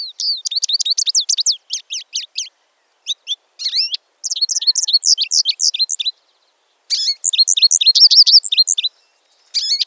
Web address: American Goldfinch